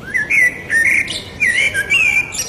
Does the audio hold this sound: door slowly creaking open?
no